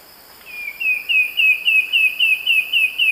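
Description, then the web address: Sooty antbird singing a rapid run of ten or so whistled, downslurred notes, with a continuous shrill insect drone behind. Song; eastern lowlands of South America. "Natures Songs S America Eastern Lowlands Myrmeciza fortis, song"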